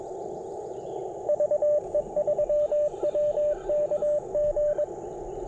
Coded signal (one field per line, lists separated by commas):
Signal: Morse code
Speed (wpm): 22 wpm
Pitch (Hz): 590 Hz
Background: radio noise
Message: VE3WKG